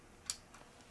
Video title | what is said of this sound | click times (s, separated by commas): Mastery Part 3 | heard that click | 0.3 s